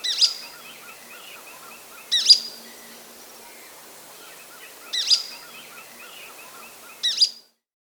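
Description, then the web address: Golden-crowned flycatcher giving sharp, high squeaky single calls, four in all, spaced about two to three seconds apart, over a soft background of other bird chirps. Andean bird of South America. "Natures Songs S America Andean Birds. Golden-Crowned Flycatcher (Myiodynastes Chrysocephalus)"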